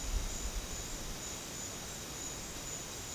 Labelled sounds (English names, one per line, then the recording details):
none
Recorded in secondary vegetation near Puerto Asís, Putumayo, Colombia, on 8 March 2025 at 14:00
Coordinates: 0.485, -76.322
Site G040